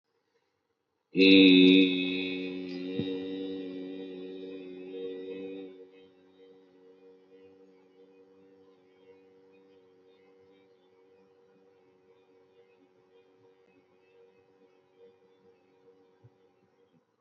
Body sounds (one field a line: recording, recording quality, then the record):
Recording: sustained vowel as in beet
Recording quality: excellent, no background noise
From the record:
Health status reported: healthy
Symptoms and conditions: none ticked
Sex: male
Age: 26 years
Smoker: not ticked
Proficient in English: yes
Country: India